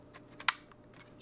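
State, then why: Seated. A pistol is pushed into a polymer OWB duty holster, where an internal knuckle swings around and grabs the front of the trigger guard. A faint tap at 0.4 s is followed by a sharp, bright click at 0.5 s as the pistol seats and locks into the holster's retention. No one talks during the clip.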